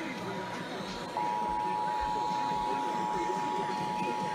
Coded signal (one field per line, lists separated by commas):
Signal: Emergency Alert System (SAME) tones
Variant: 853 and 960 Hz attention tone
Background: speech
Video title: Orange County Required Monthly Tests (EAS #3729-3748) 5/20/21